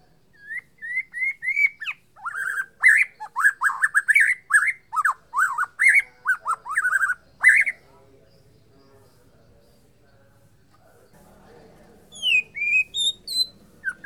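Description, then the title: White-rumped shama song with rising whistled notes leading into fast varied phrases and high ticks, several quiet seconds, then bright high descending notes. Borneo form. "MURAI BORNEO MAS KIKI"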